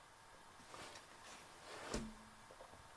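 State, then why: Seated. A flipped plastic scraper blade is put into the holder between the two slots, flat edge down, and pressed in. After quiet handling rustle, it clicks into place at 1.9 seconds with a sharp snap and a brief low ring, so the blade is seated.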